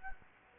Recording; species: mosquito wingbeat signal from an infrared sensor; Anopheles arabiensis